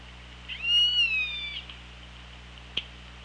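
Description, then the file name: Orca call, a single drawn-out harmonic tone that rises and then slowly falls over about a second, followed by a sharp click, with steady low hum underneath. OrcaLab hydrophone, 24 August 2017, 16:05. "Orca Lab 20170824 160544"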